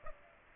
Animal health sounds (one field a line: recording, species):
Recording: mosquito wingbeat signal from an infrared sensor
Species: Aedes aegypti